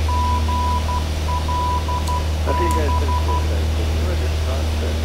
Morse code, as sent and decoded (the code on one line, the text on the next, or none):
--. .-.. -...
GLB